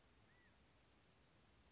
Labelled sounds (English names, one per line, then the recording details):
California Quail
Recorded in Sonoma County, California